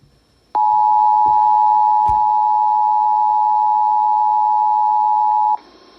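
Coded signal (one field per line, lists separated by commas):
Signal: Emergency Alert System (SAME) tones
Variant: 853 and 960 Hz attention tone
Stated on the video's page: Required weekly test relayed from an AM broadcast station.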